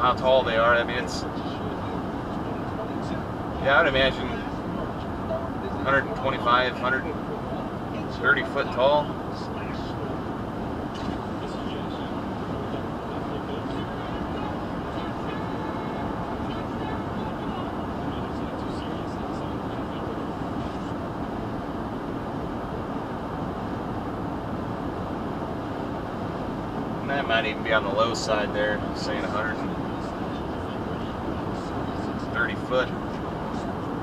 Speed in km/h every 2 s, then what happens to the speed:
111, 111, 111, 109, 111, 111, 111, 111, 111, 111, 111, 111, 111, 111, 111, 111, 111.
0-34 steady at about 111.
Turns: none.